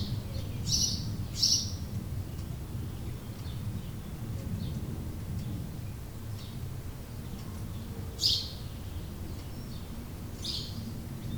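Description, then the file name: House sparrow chirps in scattered pairs and singles with long gaps, set against a constant low rumbling background noise. Recorded in 2008. "Haussperling 2008"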